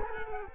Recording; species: mosquito wingbeat signal from an infrared sensor; Culex quinquefasciatus